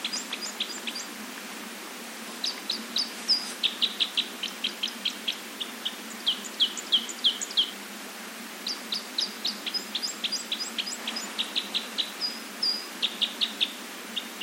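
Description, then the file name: Red crossbill calls: sharp, high kip notes in quick, uneven bursts, repeated throughout. "isuka"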